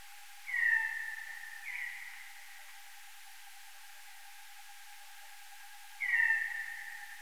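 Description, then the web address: Yellow-bellied sheath-tailed bat calls: two downward-gliding tones close together, then after a pause of several seconds a third similar one, over a steady hiss. "Saccolaimus flaviventris"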